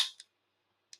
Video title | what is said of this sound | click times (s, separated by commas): First range day. with the Girsan M. C. P35. | there's a little click right there. | 0.9 s